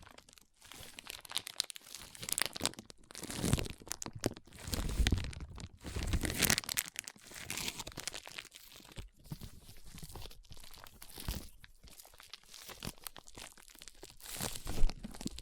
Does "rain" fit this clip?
no